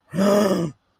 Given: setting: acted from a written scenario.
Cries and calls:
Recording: vocal sound without words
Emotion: fear

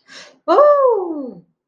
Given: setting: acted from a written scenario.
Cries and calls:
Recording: vocal sound without words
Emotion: awe

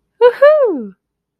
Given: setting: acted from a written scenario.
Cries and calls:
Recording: vocal sound without words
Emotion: elation

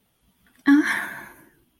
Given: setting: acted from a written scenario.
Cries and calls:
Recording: vocal sound without words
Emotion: shame

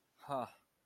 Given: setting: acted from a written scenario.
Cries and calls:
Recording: vocal sound without words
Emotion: contempt

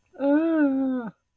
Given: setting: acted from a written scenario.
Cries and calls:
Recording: vocal sound without words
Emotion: distress

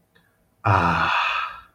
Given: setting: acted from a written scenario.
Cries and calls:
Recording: vocal sound without words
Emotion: contentment

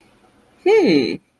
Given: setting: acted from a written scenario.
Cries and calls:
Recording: vocal sound without words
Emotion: interest

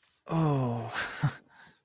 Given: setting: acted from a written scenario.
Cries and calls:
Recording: vocal sound without words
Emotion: negative surprise

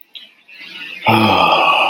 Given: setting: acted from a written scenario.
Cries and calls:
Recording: vocal sound without words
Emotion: ecstasy

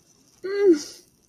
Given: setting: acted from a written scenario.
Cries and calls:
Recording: vocal sound without words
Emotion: embarrassment

